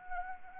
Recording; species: mosquito wingbeat signal from an infrared sensor; Anopheles arabiensis